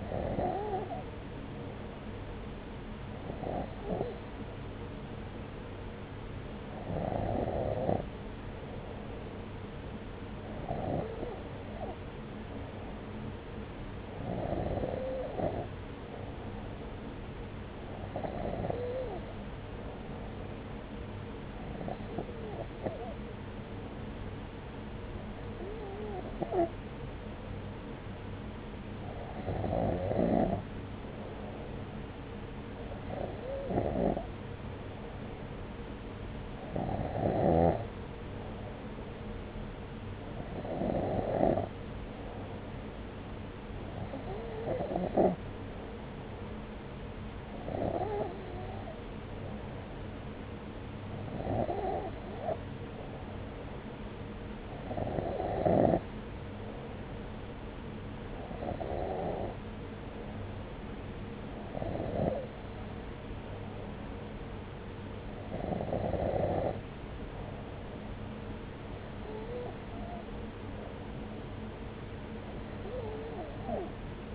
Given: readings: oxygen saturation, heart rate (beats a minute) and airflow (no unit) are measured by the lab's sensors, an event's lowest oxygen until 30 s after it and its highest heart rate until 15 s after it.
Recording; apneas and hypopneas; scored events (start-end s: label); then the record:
breathing in sleep by a voice recorder at the bedside; none
11.00-74.35 s: new sleep stage, N2 (light sleep)
From the record:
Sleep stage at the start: N3 (deep sleep); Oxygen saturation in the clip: 93%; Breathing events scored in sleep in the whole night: 303 in 8.1 hours asleep